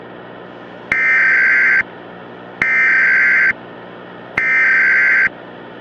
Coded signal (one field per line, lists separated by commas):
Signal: Emergency Alert System (SAME) tones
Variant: header bursts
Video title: EAS Scenario - The False Alarm of 2010